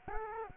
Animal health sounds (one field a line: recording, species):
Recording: mosquito wingbeat signal from an infrared sensor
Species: Culex quinquefasciatus